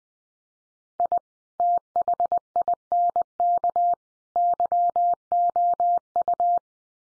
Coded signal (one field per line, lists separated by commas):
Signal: Morse code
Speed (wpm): 20 wpm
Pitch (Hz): 700 Hz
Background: none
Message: I THINK YOU